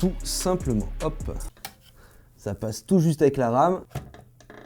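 A graphics card is being slid down into the motherboard's PCI Express slot, squeezing just past the RAM, while someone talks. A few short handling knocks are heard, the first near 1.7 s and two faint ones near 4.4 and 4.5 s. The card has not seated or clicked into the slot yet.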